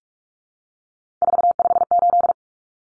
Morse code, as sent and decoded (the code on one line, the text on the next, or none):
....- ..... ---..
458